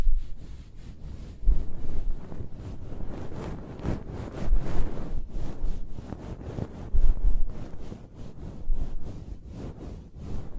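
Close-up hair being scratched and brushed: dense, rough rustling strokes repeating every second or so over a steady low rumble.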